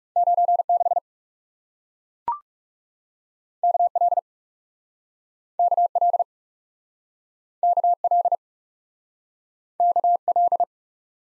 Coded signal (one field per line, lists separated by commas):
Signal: Morse code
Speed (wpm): 41 wpm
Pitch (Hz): 700 Hz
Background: none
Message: 9 6 K L K L K L K L